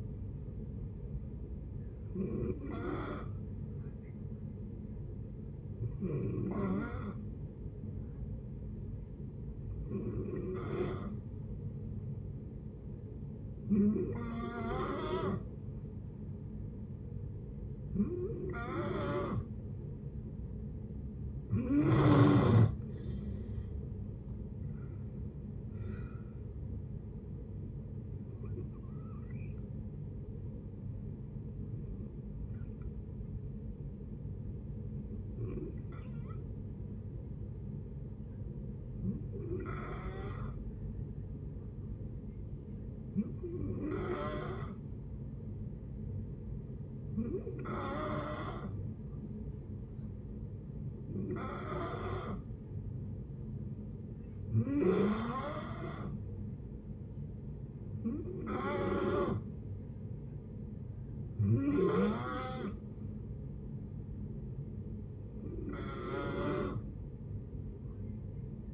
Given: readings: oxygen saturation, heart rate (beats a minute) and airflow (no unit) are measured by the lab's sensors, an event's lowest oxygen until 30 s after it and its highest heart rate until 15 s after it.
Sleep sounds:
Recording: breathing in sleep by a smartphone at the bedside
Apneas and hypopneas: 2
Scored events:
5.00-22.30 s: hypopnea (N1, oxygen 93% highest, then 90% lowest)
35.00-56.30 s: hypopnea (N1, oxygen 94% highest, then 89% lowest)
47.00-68.73 s: new sleep stage, N2 (light sleep)
From the record:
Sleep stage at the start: N1 (lightest sleep)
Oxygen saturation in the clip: 89 to 94%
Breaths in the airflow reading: 17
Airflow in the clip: -8.9 to 11.4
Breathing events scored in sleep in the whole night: 496 in 5.4 hours asleep

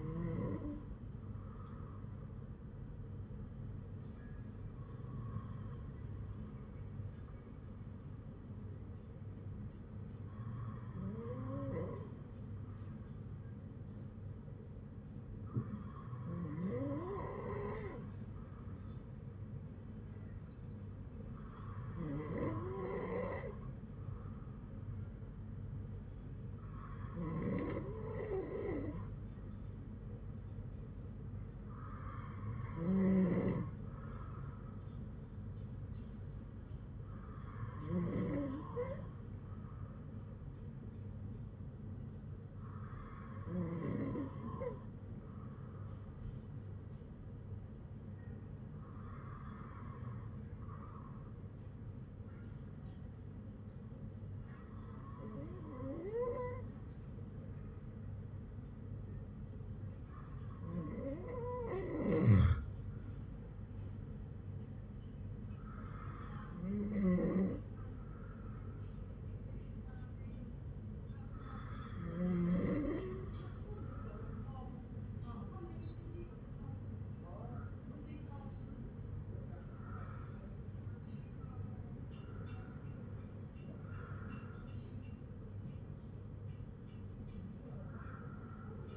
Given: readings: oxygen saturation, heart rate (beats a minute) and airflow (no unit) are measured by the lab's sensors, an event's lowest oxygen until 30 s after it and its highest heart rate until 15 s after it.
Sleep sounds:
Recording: breathing in sleep by a smartphone at the bedside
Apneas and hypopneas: 2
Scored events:
7.00-26.30 s: hypopnea (N2, oxygen 97% highest, then 95% lowest, heart rate 57 at the start, 59 highest)
49.00-63.90 s: hypopnea (N2, oxygen 96% highest, then 94% lowest, heart rate 55 at the start, 59 highest)
From the record:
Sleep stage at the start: N2 (light sleep)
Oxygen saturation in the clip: 94 to 98%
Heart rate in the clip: 51 to 61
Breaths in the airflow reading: 16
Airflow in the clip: -6.1 to 7.4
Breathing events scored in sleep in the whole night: 182 in 7.4 hours asleep

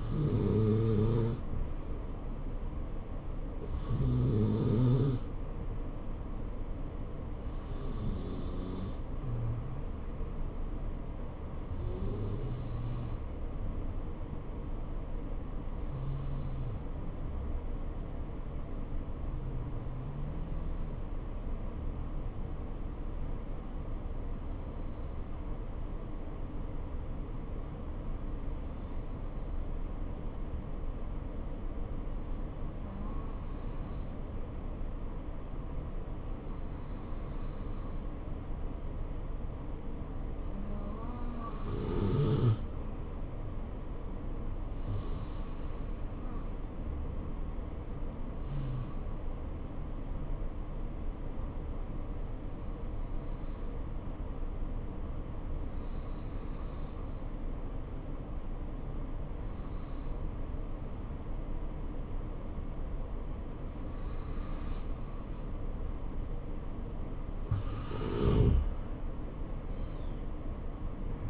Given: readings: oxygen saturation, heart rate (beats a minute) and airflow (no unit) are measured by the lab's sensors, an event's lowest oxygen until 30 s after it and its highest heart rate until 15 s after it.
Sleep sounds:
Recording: breathing in sleep by a smartphone at the bedside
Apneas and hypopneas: 1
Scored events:
10.00-64.80 s: hypopnea (N2, oxygen 95% highest, then 90% lowest, heart rate 69 at the start, 70 highest)
From the record:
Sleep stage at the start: N2 (light sleep)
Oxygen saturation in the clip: 88 to 95%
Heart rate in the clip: 58 to 70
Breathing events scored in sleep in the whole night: 277 in 7.4 hours asleep

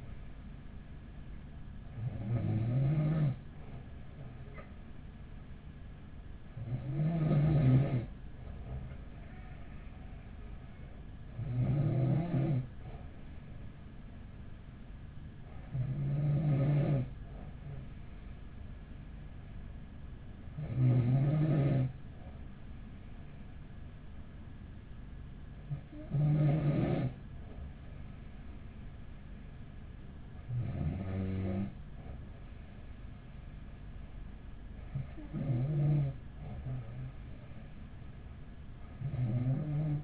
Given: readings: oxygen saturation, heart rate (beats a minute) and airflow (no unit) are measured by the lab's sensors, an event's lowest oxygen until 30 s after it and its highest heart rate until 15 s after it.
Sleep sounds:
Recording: breathing in sleep by a smartphone at the bedside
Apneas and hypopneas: none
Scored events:
none scored
From the record:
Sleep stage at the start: N2 (light sleep)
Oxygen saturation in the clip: 94%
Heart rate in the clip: 42 to 46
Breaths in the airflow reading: 8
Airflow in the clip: -5.6 to 4.8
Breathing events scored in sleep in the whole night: 207 in 7.6 hours asleep

